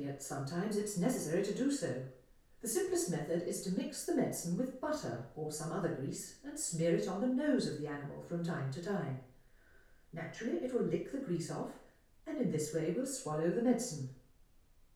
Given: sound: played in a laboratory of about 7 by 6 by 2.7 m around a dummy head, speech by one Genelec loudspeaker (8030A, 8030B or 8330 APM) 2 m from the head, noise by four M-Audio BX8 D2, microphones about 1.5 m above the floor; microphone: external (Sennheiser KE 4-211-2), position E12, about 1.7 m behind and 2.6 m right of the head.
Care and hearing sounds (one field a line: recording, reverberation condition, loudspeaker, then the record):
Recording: female speech in English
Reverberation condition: medium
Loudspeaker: 120 degrees to the left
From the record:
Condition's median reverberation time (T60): about 510 ms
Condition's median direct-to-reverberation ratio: about -0.5 dB